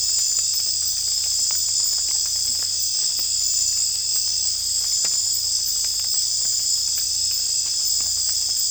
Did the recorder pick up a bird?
no